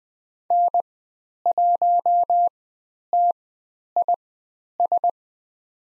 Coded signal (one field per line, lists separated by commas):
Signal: Morse code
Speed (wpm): 20 wpm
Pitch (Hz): 700 Hz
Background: none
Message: N1TIS